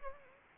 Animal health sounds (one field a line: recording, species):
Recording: mosquito wingbeat signal from an infrared sensor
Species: Anopheles arabiensis